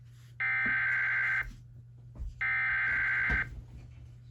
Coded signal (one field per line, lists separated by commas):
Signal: Emergency Alert System (SAME) tones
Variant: header bursts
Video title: EAS Participant Originated SVR